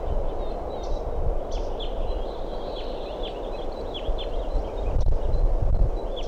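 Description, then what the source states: Red Crossbill calls, quick high downward-slurred notes in a loose series, with heavy low-frequency background rumble. Type 2; speaker hears possible begging or copulation calls; in ponderosa pines near a road.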